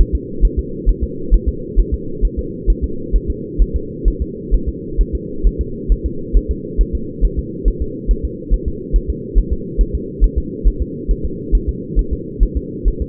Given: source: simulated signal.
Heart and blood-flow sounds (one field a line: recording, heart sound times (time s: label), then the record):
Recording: fetal heart sounds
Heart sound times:
0.01 s: S1
0.15 s: S2
0.45 s: S1
0.59 s: S2
0.89 s: S1
1.03 s: S2
1.34 s: S1
1.48 s: S2
1.79 s: S1
1.94 s: S2
2.25 s: S1
2.39 s: S2
2.70 s: S1
2.84 s: S2
3.16 s: S1
3.30 s: S2
3.62 s: S1
3.76 s: S2
4.08 s: S1
4.22 s: S2
4.54 s: S1
4.69 s: S2
5.01 s: S1
5.15 s: S2
5.47 s: S1
5.61 s: S2
5.92 s: S1
6.06 s: S2
6.37 s: S1
6.51 s: S2
6.81 s: S1
6.95 s: S2
7.25 s: S1
7.39 s: S2
7.68 s: S1
7.82 s: S2
8.11 s: S1
8.25 s: S2
8.54 s: S1
8.68 s: S2
8.96 s: S1
9.10 s: S2
9.38 s: S1
9.53 s: S2
9.81 s: S1
9.95 s: S2
10.24 s: S1
10.38 s: S2
10.68 s: S1
10.82 s: S2
11.11 s: S1
11.25 s: S2
11.55 s: S1
11.69 s: S2
11.99 s: S1
12.13 s: S2
12.43 s: S1
12.57 s: S2
12.88 s: S1
13.02 s: S2
From the record:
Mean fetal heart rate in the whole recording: 135 bpm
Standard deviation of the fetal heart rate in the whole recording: 3 bpm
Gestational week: 36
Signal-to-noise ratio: -4.3 dB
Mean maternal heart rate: 72 bpm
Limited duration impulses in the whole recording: absent